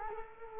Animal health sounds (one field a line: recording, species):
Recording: mosquito wingbeat signal from an infrared sensor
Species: Culex quinquefasciatus